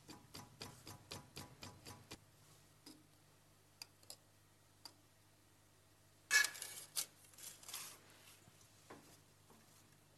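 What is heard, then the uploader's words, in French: A tool being adjusted gives a quick run of regular ratcheting clicks, then sparse taps and a loud metallic scrape near six seconds over a low hum. Outil - Réglage.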